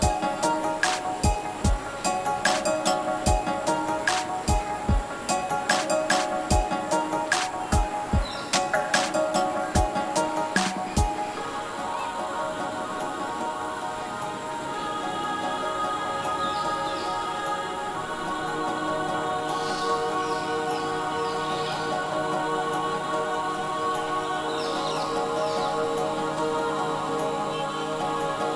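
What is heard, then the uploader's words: A musical jungle scene opens with sharp, evenly spaced knocks, each leaving a ringing tone, for about the first eleven seconds. These then stop, leaving a steady, layered hum of sustained tones, with faint high chirps rising briefly around twenty and twenty-five seconds. A Musical Day in the Jungle.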